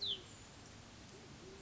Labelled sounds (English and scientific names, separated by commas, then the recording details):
Band-tailed Pigeon (Patagioenas fasciata)
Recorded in Sonoma County, California